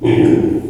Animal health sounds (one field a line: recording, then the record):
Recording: squeal of a Yucatan mini pig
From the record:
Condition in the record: before surgery on the right vocal fold (resection and tissue-engineered implant)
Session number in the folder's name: 1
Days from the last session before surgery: -21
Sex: female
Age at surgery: 19 weeks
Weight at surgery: 25 kg